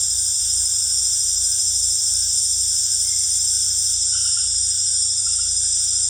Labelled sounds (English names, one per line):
none